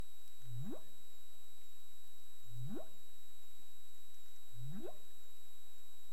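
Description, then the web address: Humpback whale calls: three low upsweeps, each rising quickly from a deep groan to a higher moan, repeated about every two seconds over steady underwater hiss. Caribbean, 20 March 2035, 15:41 UTC. "CARIMAM. humpback whale 20350320 154157 UTC"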